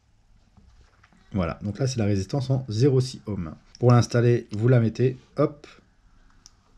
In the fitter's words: vous entendez un tout petit clic et vous venez refermer